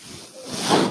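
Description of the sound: A soft, airy hiss swells and grows louder over just under a second, like a rush of air pushed out by a machine. This is the airflow noise of a home mechanical ventilator delivering a breath.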